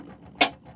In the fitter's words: That's clicked in. We're all good.